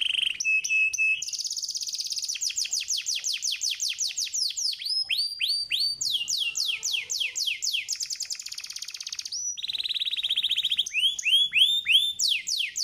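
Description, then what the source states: Canary song with a short whistled opening, then long runs of quick repeated sweeps and trills, changing phrase type every few seconds. Masteran tutor song of a prolific singing canary, meant as an easy-to-imitate model for training other canaries.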